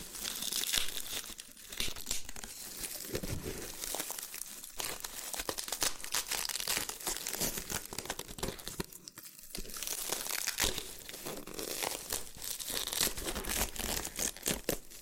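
Dry loofah scratching, crinkling and peeling sounds run continuously and densely, with sharp bright pops and tearing bursts scattered throughout.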